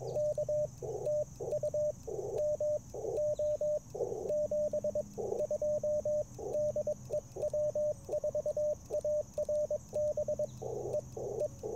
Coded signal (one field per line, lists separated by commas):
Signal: Morse code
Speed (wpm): 21 wpm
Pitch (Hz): 590 Hz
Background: radio noise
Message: K TU MO 72 DE W4ARB E E